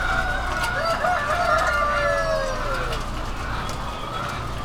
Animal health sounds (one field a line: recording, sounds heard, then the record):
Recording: poultry house recording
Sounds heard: healthy chickens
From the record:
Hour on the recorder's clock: 21